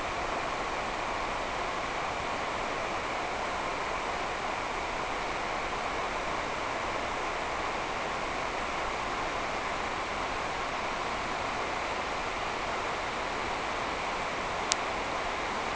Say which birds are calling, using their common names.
none